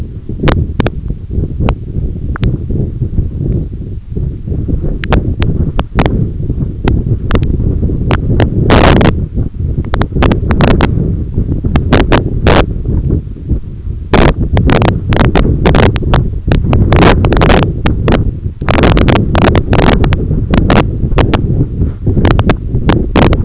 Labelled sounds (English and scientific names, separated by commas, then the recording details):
none
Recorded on Arctic tundra, site EABA-1, on 21 June 2018
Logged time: 16:00